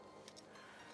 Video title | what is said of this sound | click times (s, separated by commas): I DIDN'T Expect This...Driver Loft Test - Simple Golf Tips | make sure again you hear that clicking sound each time | 0.3 s, 0.4 s